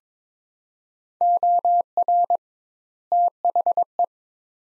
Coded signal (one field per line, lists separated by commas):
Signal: Morse code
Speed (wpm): 22 wpm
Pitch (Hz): 700 Hz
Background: none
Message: OR THE